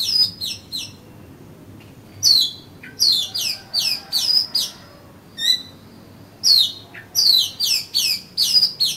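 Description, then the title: Oriental magpie-robin song: dense bursts of sharp downward-sweeping notes, each burst several notes long, separated by short pauses. "Kacer Kacer"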